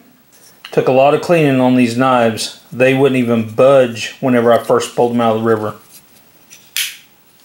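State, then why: Seated. Someone talks while a cleaned folding pocket knife, recovered from a river, is opened and closed. At 6.8 s the blade seats into its locking mechanism with a sharp, crisp metal click, and the lock engages.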